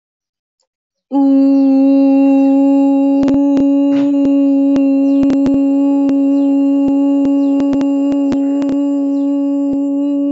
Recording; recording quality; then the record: sustained vowel as in boot; excellent, no background noise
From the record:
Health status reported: exposed to COVID-19, no respiratory illness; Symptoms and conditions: none ticked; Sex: female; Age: 22 years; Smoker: not ticked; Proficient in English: yes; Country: India